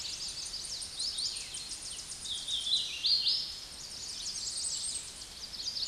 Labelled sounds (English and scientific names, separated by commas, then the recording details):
Hooded Warbler (Setophaga citrina) song
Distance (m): 30 m
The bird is about 5 m above the microphone
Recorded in a Pennsylvania forest on 16 May 2024 at 09:42
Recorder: AudioMoth, point MSD-2143
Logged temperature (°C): 16.0 °C
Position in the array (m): 28 m, 148 m